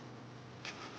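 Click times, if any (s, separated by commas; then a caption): 0.7 s. A round collar is pressed onto the bolt of a modern door latch for a vintage trailer, replacing the rectangular face pieces. Against a steady low background, a single soft, short snap sounds at 0.65 s as the collar seats in place.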